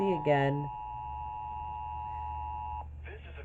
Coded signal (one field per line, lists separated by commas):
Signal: Emergency Alert System (SAME) tones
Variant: 853 and 960 Hz attention tone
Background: speech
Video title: EAS 719: Tennessee RMT